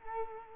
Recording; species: mosquito wingbeat signal from an infrared sensor; Culex quinquefasciatus